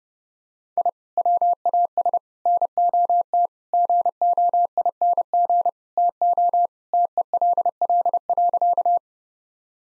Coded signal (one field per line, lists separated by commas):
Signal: Morse code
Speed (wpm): 30 wpm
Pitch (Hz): 700 Hz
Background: none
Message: I WAS NOT GOING TO TELL.